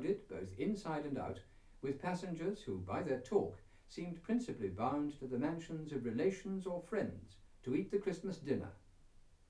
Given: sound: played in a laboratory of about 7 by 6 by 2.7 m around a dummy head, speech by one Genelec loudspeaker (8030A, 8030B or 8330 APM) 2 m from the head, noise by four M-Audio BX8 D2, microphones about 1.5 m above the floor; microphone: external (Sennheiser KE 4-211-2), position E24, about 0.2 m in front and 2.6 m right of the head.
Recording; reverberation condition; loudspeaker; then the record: male speech in English; low; 150 degrees to the left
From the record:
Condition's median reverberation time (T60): about 310 ms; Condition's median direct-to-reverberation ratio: about 3.5 dB